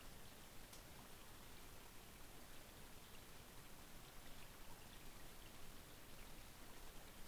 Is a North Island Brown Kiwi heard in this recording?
no